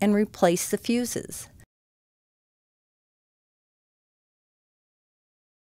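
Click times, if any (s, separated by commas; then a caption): none. Fuses are swapped in the pulled-out plastic fuse holder of an UltraWave XS dental ultrasonic scaler's power inlet, checked because of a suspected blown fuse when the unit has no power, and the holder is lined up to slide back in. Someone talks for about the first 1.6 seconds, followed by silence. Nothing has seated or clicked yet.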